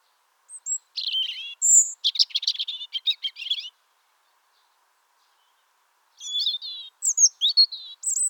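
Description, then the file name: European robin singing two phrases of varied high warbles and trills, mixing clear whistles with rapid buzzy notes, separated by a silent gap of about two seconds. "Erithacus rubecula"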